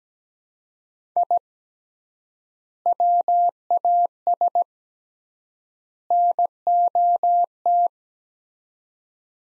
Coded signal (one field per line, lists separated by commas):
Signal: Morse code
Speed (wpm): 17 wpm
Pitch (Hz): 700 Hz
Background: none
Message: I WAS NOT